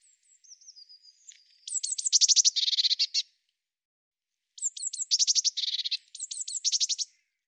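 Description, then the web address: Eurasian blue tit calling: faint high thin notes lead into two dense scolding churrs, each made of rapid buzzy stutters, separated by a short pause. "Deverinetal"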